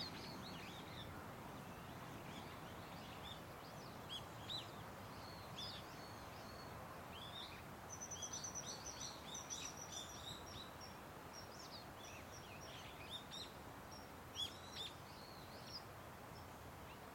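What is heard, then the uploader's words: Gentle flowing water makes a steady, dense wash across the whole clip, fullest in the low and middle range. Birds sing throughout in bright chirps and short trills, busiest from about eight to eleven seconds, with a few sharper calls near fourteen seconds. 平和な多摩川の朝.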